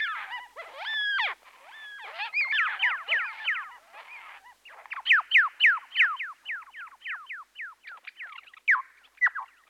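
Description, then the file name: Birds in mixed chatter: twangy notes and scratchy bursts at first, then a quicker series of clear, falling chirps. "Busy Birds"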